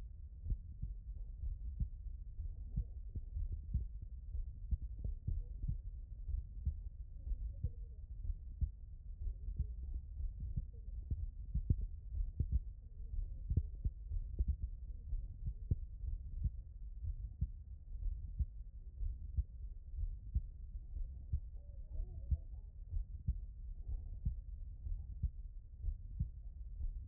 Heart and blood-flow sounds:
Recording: heart sounds by stethoscope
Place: tricuspid valve (TV)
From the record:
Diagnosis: non-HFrEF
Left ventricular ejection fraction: 73%

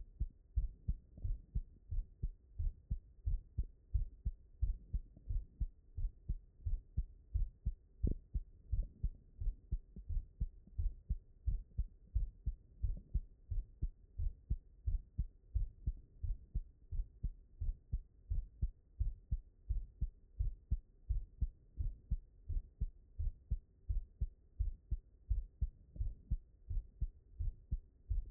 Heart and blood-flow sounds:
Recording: heart sounds by stethoscope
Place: mitral valve (MV)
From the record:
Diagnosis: non-HFrEF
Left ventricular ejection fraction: 69%

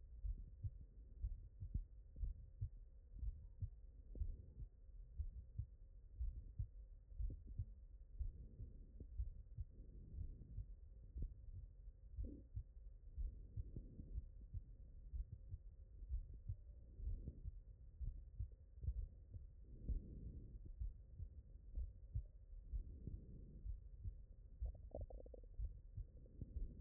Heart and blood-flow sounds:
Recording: heart sounds by stethoscope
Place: mitral valve (MV)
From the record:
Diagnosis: non-HFrEF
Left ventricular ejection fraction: 57%

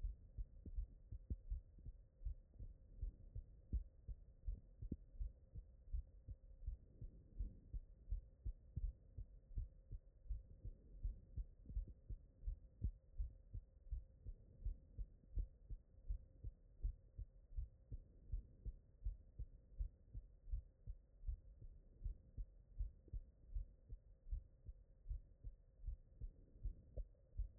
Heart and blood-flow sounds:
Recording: heart sounds by stethoscope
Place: mitral valve (MV)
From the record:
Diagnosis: non-HFrEF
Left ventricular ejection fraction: 51%

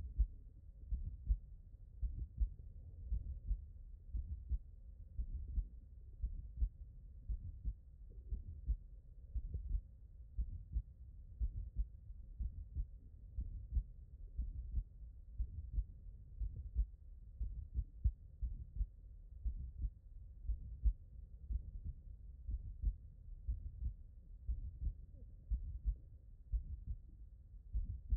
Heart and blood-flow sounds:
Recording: heart sounds by stethoscope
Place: tricuspid valve (TV)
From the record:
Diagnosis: non-HFrEF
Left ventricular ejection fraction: 59%

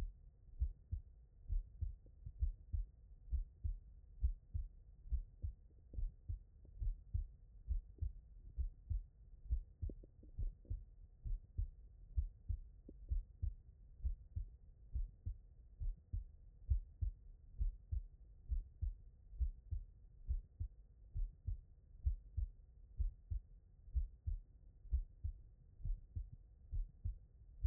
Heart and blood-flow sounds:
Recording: heart sounds by stethoscope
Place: tricuspid valve (TV)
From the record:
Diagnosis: non-HFrEF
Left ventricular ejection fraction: 58%

